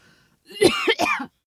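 A severe cough from an adult woman: harsh bursts of cough with a throat-clearing quality, lasting under a second.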